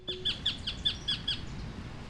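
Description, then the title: Bird calls: a fast series of short, bright chirps about five per second, fading after about one and a half seconds, over steady low background noise. Recorded at Arroyo Blanco, Rivera, in the everyday sound surroundings of children, with a Zoom H4n recorder. "Pájaros de Arroyo Blanco"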